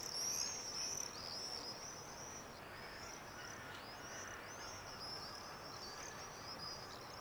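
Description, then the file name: Swifts screaming, thin high buzzy trills overlapping almost continuously, with a steady hiss of background noise underneath. "Martinets"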